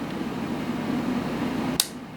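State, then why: Seated. A mechanical lever in the dual-cassette mechanism of a Panasonic KX-T1450 answering machine is held in until it engages. A low steady hum runs throughout, then a single sharp click at 1.8 s marks the lever latching into place.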